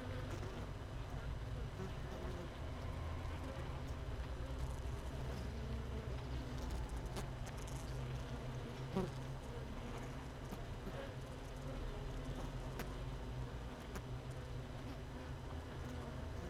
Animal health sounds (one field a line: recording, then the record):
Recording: honeybee colony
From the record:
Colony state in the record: missing queen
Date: 31 May 2018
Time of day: 16:51